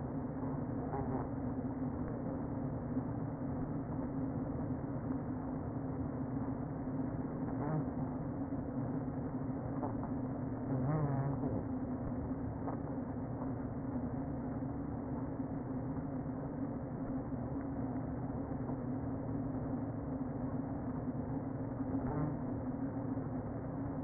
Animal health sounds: honeybee colony, microphone inside the hive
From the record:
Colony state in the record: queen present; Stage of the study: before two queens were removed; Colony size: about 60,000 bees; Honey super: yes

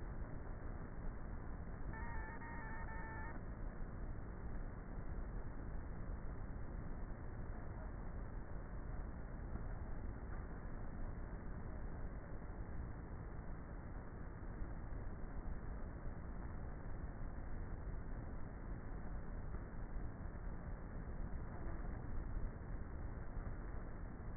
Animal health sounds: honeybee colony, microphone inside the hive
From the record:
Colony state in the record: queenless with a low population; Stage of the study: before two queens were removed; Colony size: about 30,000 bees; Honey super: no

